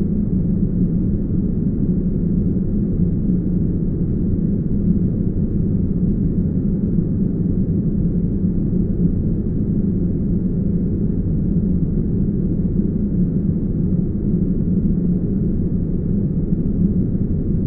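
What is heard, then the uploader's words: Uninterrupted deep brown noise, a steady low rumble concentrated in the bass with a slight hum, no highs and no change throughout. 30 minutes of uninterrupted DEEP brown noise.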